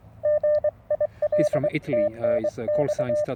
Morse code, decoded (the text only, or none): GIL TNX